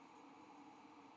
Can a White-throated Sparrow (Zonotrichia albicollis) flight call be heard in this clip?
no